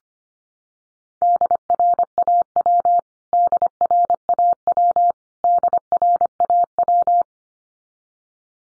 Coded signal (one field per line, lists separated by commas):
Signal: Morse code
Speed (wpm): 25 wpm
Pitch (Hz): 700 Hz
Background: none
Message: DRAW DRAW DRAW